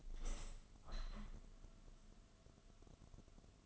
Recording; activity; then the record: daily activity, microphone in the room; open window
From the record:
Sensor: 4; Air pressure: 1001.2 hPa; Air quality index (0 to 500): 177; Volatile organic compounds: 2 ppm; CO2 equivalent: 1263 ppm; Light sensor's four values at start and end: 12/28/11/12 and 12/28/11/12